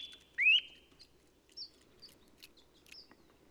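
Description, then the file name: Eurasian nuthatch call: a single strong rising whistled note, followed by faint scattered chirps and ticks over low background hum. "Sitta europaea"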